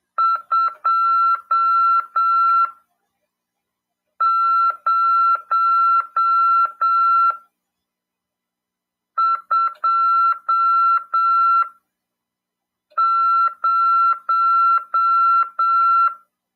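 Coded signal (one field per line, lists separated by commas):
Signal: Morse code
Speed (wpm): 7 wpm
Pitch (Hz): 1350 Hz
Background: none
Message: 2020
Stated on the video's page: Morse lesson in a ham radio class on FM 146.410 MHz.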